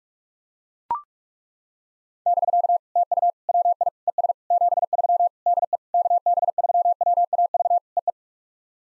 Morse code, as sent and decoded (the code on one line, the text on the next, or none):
-...-.- / - ..- / .-- .. / . ... / --... ...-- / -.. . / -.- -... ...-- .-- .- ...- / . .
<BK> TU WI ES 73 DE KB3WAV EE